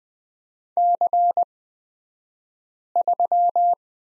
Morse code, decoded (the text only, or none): C3